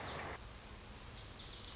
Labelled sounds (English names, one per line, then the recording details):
Lazuli Bunting
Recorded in Sonoma County, California